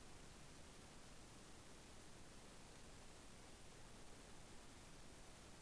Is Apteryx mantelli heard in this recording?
no